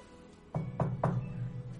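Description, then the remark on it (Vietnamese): Three firm knocks on a door in an even rhythm, each a dull, low thud with a sharp attack, followed by a faint lingering hum. “Một tiếng gõ cửa vang lên khiến cho Đường Bắc Vi đang mơ màng giật mình.”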